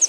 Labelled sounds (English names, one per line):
Pine Warbler flight call